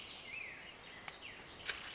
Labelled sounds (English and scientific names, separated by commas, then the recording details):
Black-headed Grosbeak (Pheucticus melanocephalus)
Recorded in Sonoma County, California